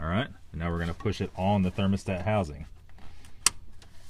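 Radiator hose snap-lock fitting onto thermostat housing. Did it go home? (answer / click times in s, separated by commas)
yes / 3.5 s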